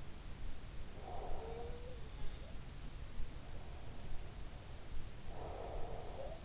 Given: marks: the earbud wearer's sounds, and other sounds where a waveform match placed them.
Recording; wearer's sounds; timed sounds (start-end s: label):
sounds in sleep by an in-ear microphone; breath
0.92-1.80 s: breath
1.40-2.65 s: sound from someone else or the room
5.18-6.44 s: breath
6.10-6.44 s: sound from someone else or the room